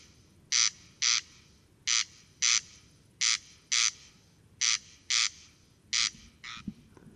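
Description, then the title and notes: Corn crake song, a series of harsh double notes in steady pairs. Single singing bird near a peat bog at Col Bayard, Hautes-Alpes, 12 July 2018, evening; sang continuously from 23:00 until dawn; recorded with Nagra Seven and Telinga Pro7. "Observation sonore - Le Râle des genêts. 12 juillet 2018-Col Bayard - Hautes Alpes. Râle des genêts ( Crex crex)"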